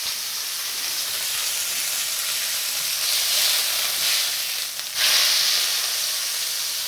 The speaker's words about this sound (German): Und dann wenden wir es und braten es auf der nicht melierten Seite an. Aber sieh, die Pfanne ist noch immer eine Spur zu heiß. So, zischt sehr. Ich hoffe, man kann mich noch gut verstehen. aufgrund des Zischens.